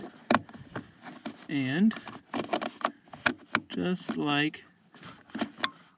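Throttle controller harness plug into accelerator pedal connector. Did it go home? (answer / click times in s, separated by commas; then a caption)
yes / 5.6 s. A PedalBox throttle controller wiring plug is pushed onto the accelerator pedal sensor connector under the dash of a 6th-gen Camaro SS while someone talks, with several sharp handling taps along the way. The connector clicks into place at 5.6 s, locking so it can't be pulled off.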